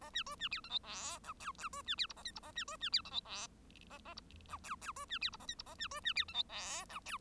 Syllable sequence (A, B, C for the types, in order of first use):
A B C B D E F G H I I C B D J A K J A B C B D E F G A A J H I I C B D J A K J A B C B D E F G H I